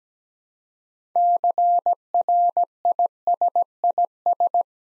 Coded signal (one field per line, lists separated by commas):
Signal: Morse code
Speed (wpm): 17 wpm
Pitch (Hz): 700 Hz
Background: none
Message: CRISIS